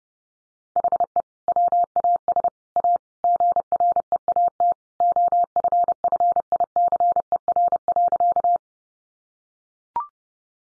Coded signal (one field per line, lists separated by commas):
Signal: Morse code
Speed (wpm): 30 wpm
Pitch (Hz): 700 Hz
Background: none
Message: HE WAS A GREAT OFFICER.